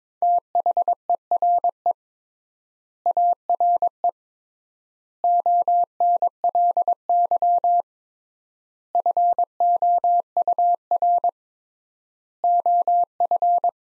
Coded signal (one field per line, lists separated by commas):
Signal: Morse code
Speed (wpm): 21 wpm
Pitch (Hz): 700 Hz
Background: none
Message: THERE ARE ONLY FOUR OF